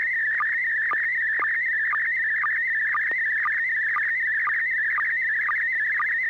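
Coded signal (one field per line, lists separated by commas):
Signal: SSTV (slow-scan television)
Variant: PD120 mode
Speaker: was able to successfully transmit a photo very clean photograph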